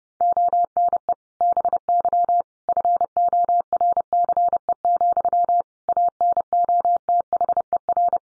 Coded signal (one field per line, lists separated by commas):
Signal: Morse code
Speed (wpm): 30 wpm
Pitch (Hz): 700 Hz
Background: none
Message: ONE BY FORCE, ANOTHER